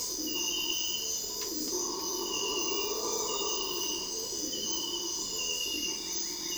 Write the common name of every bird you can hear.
Yellow-crowned Tyrannulet, Amazonian Barred-Woodcreeper